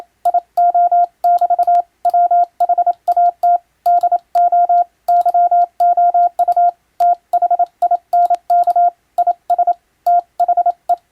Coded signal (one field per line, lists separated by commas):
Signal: Morse code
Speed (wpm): 27 wpm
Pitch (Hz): 700 Hz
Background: none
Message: IO<BT> WHAT DO YOU THINK IS THE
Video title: 【モールス無線電報】珍！今ではもう聞こえない船と陸を結ぶ貴重な通信方法！船舶にはモールスを打つ無線通信士が乗船していました。当時を思い出して聴いてみませんか？ morse code practice